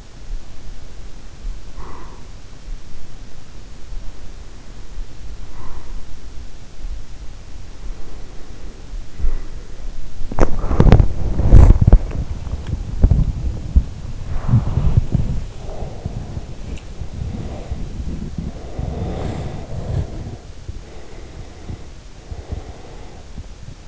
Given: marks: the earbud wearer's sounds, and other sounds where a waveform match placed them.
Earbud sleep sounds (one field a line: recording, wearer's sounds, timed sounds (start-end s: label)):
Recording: sounds in sleep by an in-ear microphone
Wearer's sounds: breath, body movement, teeth grinding, swallowing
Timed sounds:
0.00-2.56 s: breath
4.22-6.20 s: breath
7.60-9.81 s: breath
10.00-21.63 s: body movement
12.13-12.93 s: teeth grinding
14.18-16.37 s: breath
16.44-17.08 s: swallowing
18.36-20.83 s: breath
21.02-23.88 s: breath